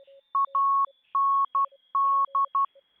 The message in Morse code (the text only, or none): AND